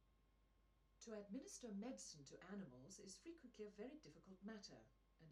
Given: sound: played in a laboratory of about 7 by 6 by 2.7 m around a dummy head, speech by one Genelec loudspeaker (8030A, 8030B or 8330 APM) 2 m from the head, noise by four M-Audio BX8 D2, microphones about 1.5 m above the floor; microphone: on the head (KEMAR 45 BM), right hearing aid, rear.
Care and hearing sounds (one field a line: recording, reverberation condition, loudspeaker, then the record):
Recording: female speech in English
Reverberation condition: low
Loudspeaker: in front (0 degrees)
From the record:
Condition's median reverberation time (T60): about 310 ms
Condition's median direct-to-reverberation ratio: about 3.5 dB